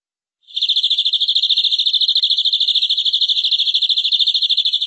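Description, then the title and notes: Canary trilling in a continuous, very rapid rolling series of notes that runs steadily for over four seconds without a break; nothing else audible. "BM Suara Kenari. BM Suara Burung Kenari"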